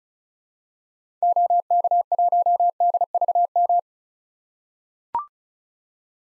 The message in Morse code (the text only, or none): OK1DVM